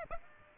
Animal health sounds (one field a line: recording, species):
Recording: mosquito wingbeat signal from an infrared sensor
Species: Aedes aegypti